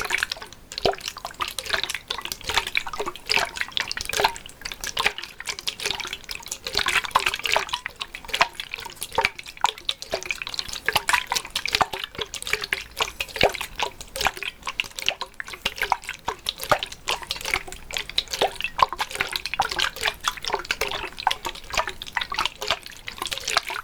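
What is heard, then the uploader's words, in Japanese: Water runs and drips steadily for the whole stretch, a dense, unbroken patter of quick splashes. Small bubbly plinks pop out constantly over a bright, hissy wash, with no pauses and no real change in loudness from start to finish. 水の音。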